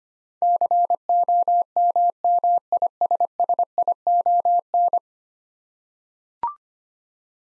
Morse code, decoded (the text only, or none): COMMISSION